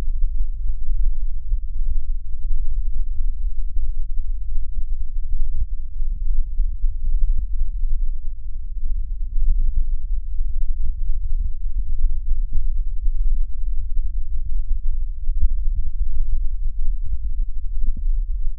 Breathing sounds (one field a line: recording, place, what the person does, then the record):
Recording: lung sounds by stethoscope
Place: left posterior basal chest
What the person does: quiet breathing, then deep breathing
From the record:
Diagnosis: interstitial lung disease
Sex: male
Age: 66 years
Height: 172 cm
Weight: 107.6 kg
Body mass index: 36.4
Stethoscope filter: bell mode